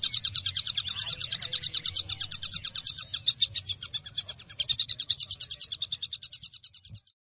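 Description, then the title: Java sparrow chirping song: rapid, high, ticking chirps in a quick run, steady then fading toward the end, with a faint low hum underneath. "kicau gelatik"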